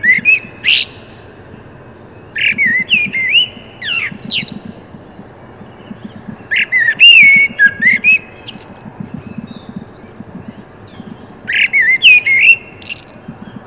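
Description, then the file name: Common blackbird singing mellow whistled phrases with scratchy high flourishes, delivered every few seconds, over a soft low pulsing background. "Turdus merula"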